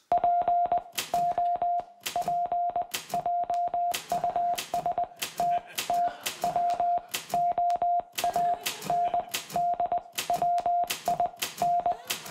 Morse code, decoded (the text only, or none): POP JUST TWO AND WIN